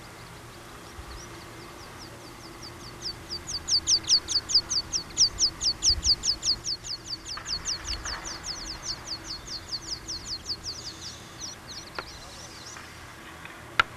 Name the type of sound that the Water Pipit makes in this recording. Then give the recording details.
call. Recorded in the wild. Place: Grindelwald, Bern, CH. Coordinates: 46.6306, 8.05389. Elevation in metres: 1155. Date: 1979-06-09. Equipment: Uher 4000 Report, Sennheiser MKH 815 T. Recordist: Tretzel, Erwin